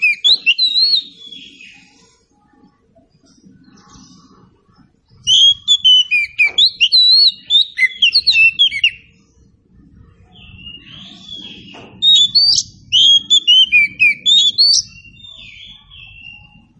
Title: Nyaut Kacer